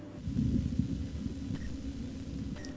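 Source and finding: Abdomen by stethoscope. Bowel sounds.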